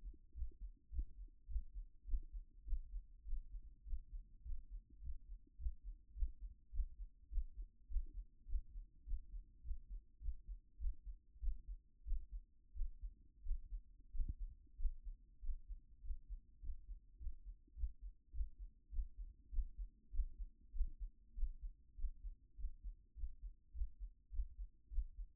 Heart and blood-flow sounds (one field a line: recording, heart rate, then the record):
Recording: heart sounds by stethoscope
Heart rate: 102 bpm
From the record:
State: at rest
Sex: female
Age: 26 years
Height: 180 cm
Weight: 85 kg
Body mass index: 26.23